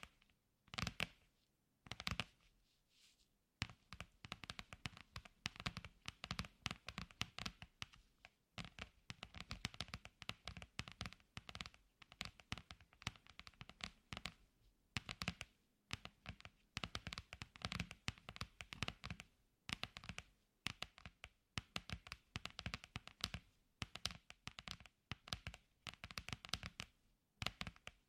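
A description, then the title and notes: Rapid, dense tapping in quick bursts with brief pauses near 3 and 15 seconds, crisp. ASMR Tapping For Sleep and Endless Tingles (No Talking).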